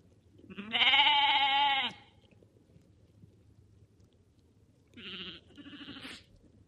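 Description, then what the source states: Sheep bleats: one loud quavering bleat, a quiet gap of about three seconds, then two shorter, softer bleats. Lambs.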